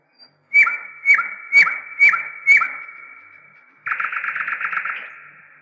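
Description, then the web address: Nightingale delivering five loud, evenly spaced whip notes about half a second apart, followed by a dense, buzzy rattling trill. "slowik spiew slowika"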